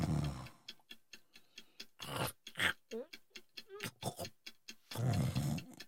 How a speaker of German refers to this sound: Fingerstechen, dieses Schnarchen unterbrechen. Halt ihm mal die Nase zu, dann hat die liebe Säge Ruhe.